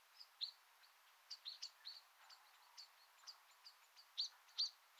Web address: SETE Turdus merula